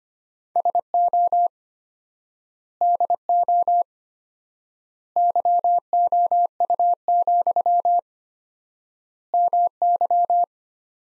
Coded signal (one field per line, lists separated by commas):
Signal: Morse code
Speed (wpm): 25 wpm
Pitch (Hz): 700 Hz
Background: none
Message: SO DO YOU, MY